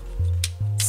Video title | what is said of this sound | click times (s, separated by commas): How Do Modern Dewhurst Lift Buttons Work? (Regular, Jumbo and No Entry Indicator Breakdown) | secured pull back your pool tab push down wait for the click secure | 0.4 s